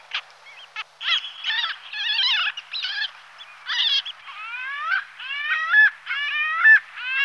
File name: Chaluha prizivna Stercorarius parasiticus